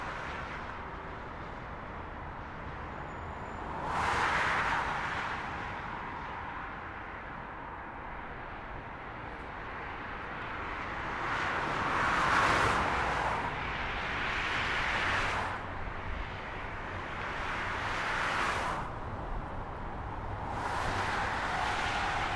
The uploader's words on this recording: Ambience above the Bundesautobahn 40 in Essen at 11:00 pm.